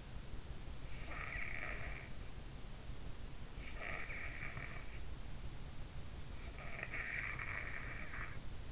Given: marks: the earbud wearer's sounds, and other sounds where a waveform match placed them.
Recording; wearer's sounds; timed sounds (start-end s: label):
sounds in sleep by an in-ear microphone; breath
0.44-2.61 s: breath
3.41-5.36 s: breath
6.50-8.72 s: breath